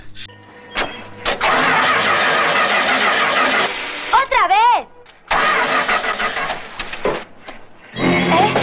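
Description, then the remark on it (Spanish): A broken-down car's engine, just worked on with a screwdriver, cranks and roars in loud, rough bursts, cutting out and restarting several times, with a high, wavering whinny-like cry rising between the revving spells. “Arranca ahora, no, dale, arranca ahora.”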